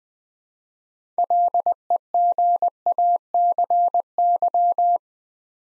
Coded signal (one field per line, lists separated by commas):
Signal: Morse code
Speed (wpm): 20 wpm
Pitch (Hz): 700 Hz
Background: none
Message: LEGACY